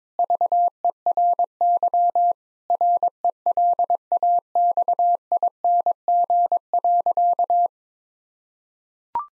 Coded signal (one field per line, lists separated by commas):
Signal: Morse code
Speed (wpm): 22 wpm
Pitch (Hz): 700 Hz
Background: none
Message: VERY RELAXING.